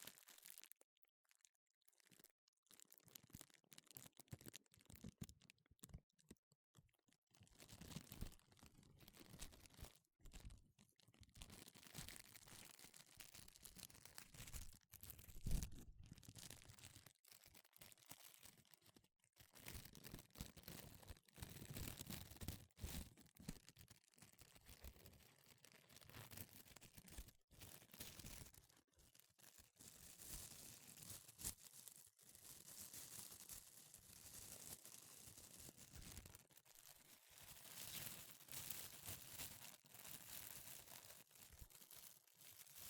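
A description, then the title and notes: Gloves being handled produce dense, irregular crinkling and rustling, sparse and choppy early, then busier and brighter with scratchy rubbing throughout. 5 different GLOVES Sounds. (No Talking).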